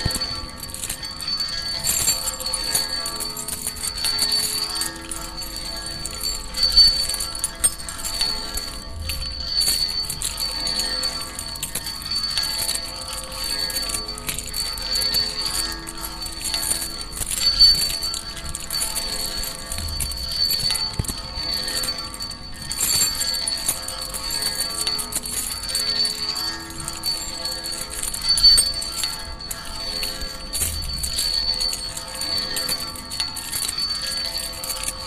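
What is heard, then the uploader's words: Keys jingle against a railing in a steady, dense shimmer that runs the whole time, with bright metallic clinks and tinkles recurring every second or two. The level stays fairly even, with faint low thumps appearing briefly around 9, 20 and 31 seconds. Keys on the railing. Recorded by Dan Bodah in Fall 2008, Brooklyn NY.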